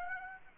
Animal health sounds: mosquito wingbeat signal from an infrared sensor; Aedes aegypti

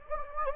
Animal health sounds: mosquito wingbeat signal from an infrared sensor; Anopheles gambiae

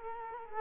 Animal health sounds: mosquito wingbeat signal from an infrared sensor; Culex quinquefasciatus

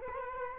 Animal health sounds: mosquito wingbeat signal from an infrared sensor; Culex quinquefasciatus

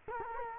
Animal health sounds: mosquito wingbeat signal from an infrared sensor; Culex quinquefasciatus

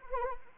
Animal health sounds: mosquito wingbeat signal from an infrared sensor; Anopheles arabiensis

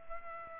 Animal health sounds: mosquito wingbeat signal from an infrared sensor; Culex pipiens

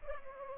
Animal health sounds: mosquito wingbeat signal from an infrared sensor; Culex pipiens

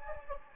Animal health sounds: mosquito wingbeat signal from an infrared sensor; Anopheles gambiae

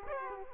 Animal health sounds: mosquito wingbeat signal from an infrared sensor; Aedes aegypti

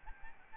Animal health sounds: mosquito wingbeat signal from an infrared sensor; Aedes albopictus

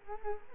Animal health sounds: mosquito wingbeat signal from an infrared sensor; Culex quinquefasciatus

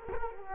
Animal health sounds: mosquito wingbeat signal from an infrared sensor; Culex quinquefasciatus

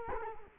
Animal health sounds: mosquito wingbeat signal from an infrared sensor; Culex quinquefasciatus

